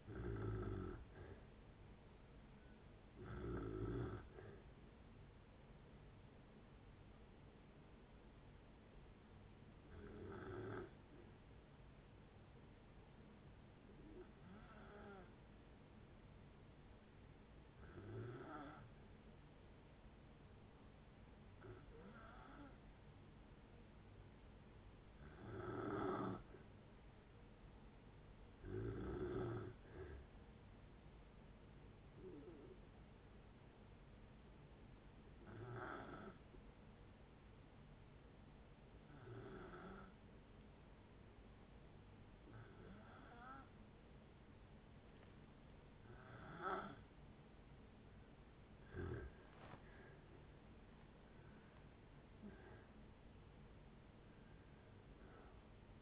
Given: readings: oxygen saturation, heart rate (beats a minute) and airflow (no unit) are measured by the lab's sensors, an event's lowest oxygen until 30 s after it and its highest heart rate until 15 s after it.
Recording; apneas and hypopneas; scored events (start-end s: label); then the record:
breathing in sleep by a voice recorder at the bedside; 1
4.00-56.02 s: new sleep stage, N2 (light sleep)
9.00-26.10 s: hypopnea (N2, oxygen 95% highest, then 89% lowest)
From the record:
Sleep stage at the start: N1 (lightest sleep); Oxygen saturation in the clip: 89 to 96%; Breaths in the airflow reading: 16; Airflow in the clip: -10.0 to 8.3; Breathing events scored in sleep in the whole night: 496 in 5.4 hours asleep